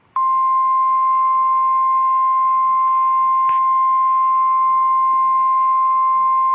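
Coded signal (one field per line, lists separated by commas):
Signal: Emergency Alert System (SAME) tones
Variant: 1050 Hz attention tone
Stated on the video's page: Weekly test alerts received in La Crosse.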